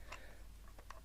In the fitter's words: is a really nice tight snug fit and you get a really satisfying click